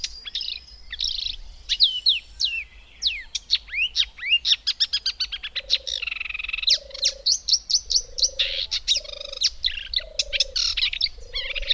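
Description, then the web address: Marsh warbler song: lively, varied high twittering, slurred whistles and rapid ticking notes, with a low, even hooting note repeating in the second half. "Madardalok - Énekes nádiposzáta"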